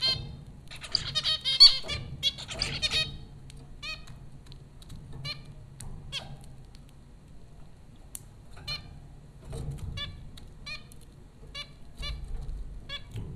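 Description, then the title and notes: Zebra finches giving nasal, beeping calls, dense and overlapping in the first three seconds, then scattered single honks over a low hum. Zebra finches recorded by Dan Bodah at Popcorn School, Flatbush, Brooklyn, New York, in April 2009. "Dronecast: The Popcorn Finches Four from Apr 15, 2009. Zebra finches recorded by Dan Bodah at Popcorn School, Flatbush, Brooklyn NY in April 2009"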